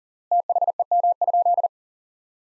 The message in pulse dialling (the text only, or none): none